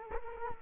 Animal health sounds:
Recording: mosquito wingbeat signal from an infrared sensor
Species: Culex quinquefasciatus

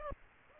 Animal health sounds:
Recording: mosquito wingbeat signal from an infrared sensor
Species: Aedes aegypti

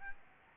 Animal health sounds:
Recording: mosquito wingbeat signal from an infrared sensor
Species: Aedes albopictus

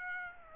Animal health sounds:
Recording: mosquito wingbeat signal from an infrared sensor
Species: Aedes albopictus

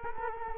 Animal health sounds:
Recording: mosquito wingbeat signal from an infrared sensor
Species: Culex quinquefasciatus

